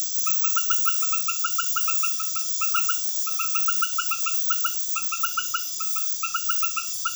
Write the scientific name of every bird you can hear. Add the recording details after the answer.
none. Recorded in dense forest near Puerto Asís, Putumayo, Colombia, on 18 February 2024 at 19:30. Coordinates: 0.505, -76.324. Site G6467